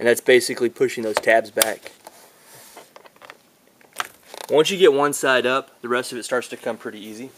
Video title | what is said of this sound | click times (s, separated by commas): Samsung SyncMaster 2493HM LCD Repair | and you'll hear it snapping as you push in like so | 4.0 s